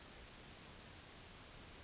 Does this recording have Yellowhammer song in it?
no